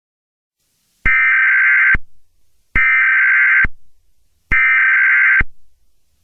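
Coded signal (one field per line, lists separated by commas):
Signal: Emergency Alert System (SAME) tones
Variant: header bursts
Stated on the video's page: Simulated EAS scenario.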